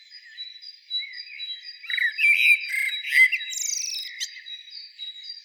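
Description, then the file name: Common blackbird song, a varied fluty warble with a high twittering flourish, heard against a steady thin high tone and softer background birdsong. "Turdus merula"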